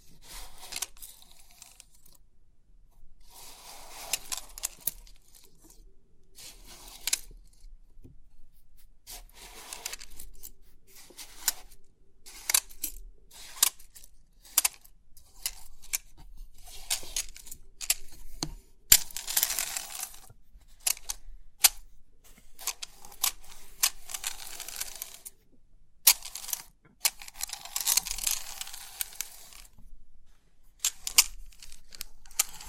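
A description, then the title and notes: Crisp tapping and clicking on a 3D pin art toy, with bright, sharp clicks in irregular bursts throughout. Some stretches bring rapid, dense rattling of many pins, especially around 18–21 and 26–29 seconds, separated by quieter pauses. Crisp 3D Pin Art Tingles(No Talking).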